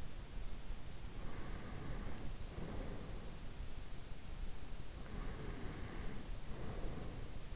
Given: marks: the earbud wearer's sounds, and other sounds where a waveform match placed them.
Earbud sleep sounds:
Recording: sounds in sleep by an in-ear microphone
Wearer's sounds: breath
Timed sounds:
1.12-3.66 s: breath
5.14-7.45 s: breath

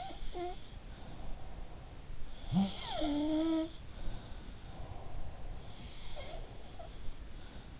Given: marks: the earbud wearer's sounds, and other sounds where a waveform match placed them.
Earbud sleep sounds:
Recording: sounds in sleep by an in-ear microphone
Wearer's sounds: breath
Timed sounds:
0.00-1.54 s: sound from someone else or the room
0.80-2.34 s: breath
2.21-4.40 s: sound from someone else or the room
4.52-6.06 s: breath
5.58-7.80 s: sound from someone else or the room

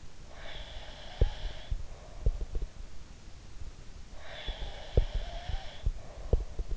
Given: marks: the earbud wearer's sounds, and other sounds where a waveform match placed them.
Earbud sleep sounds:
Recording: sounds in sleep by an in-ear microphone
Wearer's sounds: breath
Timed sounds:
0.27-2.64 s: breath
1.17-2.70 s: sound from someone else or the room
4.16-6.77 s: breath
4.45-6.77 s: sound from someone else or the room

